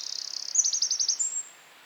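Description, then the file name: Eurasian wren song ending: a fast, thin trill leads into several loud piercing notes and a final high whistle. "Troglodytes troglodytes"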